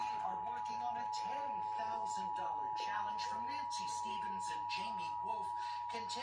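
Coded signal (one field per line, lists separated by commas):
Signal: Emergency Alert System (SAME) tones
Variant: 853 and 960 Hz attention tone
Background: speech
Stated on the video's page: Required monthly tests received on Los Angeles broadcast stations.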